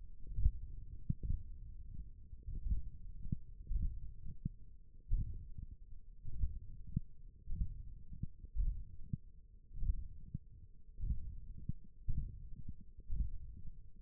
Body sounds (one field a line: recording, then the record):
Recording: forearm muscle sounds (acoustic myography)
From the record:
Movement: index flexion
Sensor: system 1, eight BSWA MPA416 microphones around the upper forearm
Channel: 2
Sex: male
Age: 21 years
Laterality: right